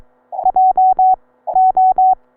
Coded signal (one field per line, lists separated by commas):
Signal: Morse code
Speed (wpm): 22 wpm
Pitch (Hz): 750 Hz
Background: none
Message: JO